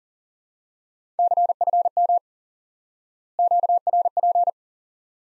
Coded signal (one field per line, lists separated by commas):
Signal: Morse code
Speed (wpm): 38 wpm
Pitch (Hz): 700 Hz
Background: none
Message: CFM QRP